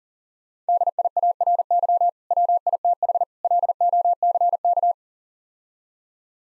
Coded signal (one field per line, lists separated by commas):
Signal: Morse code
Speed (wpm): 40 wpm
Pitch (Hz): 700 Hz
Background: none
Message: DIARY WITH LOCK